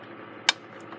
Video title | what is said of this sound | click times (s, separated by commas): Lionel LionChief C&NW Steam Set (MENARD’S Exclusive) | heard that snap that means it's locked in place now | 0.5 s